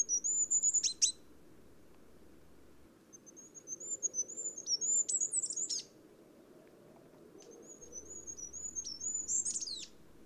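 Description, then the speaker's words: Goldcrest song: three very high, thin phrases of rapid notes, each rising into a brief quick flourish, over an intermittent low hum. "And this is a goldcrest singing."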